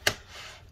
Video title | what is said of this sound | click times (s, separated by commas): HP Spectre x360 Convertible 13-ap0053dx Disassembly m.2 Intel Optane Battery Replacement Repair | there we go make sure everything is clicked in place let's | 0.1 s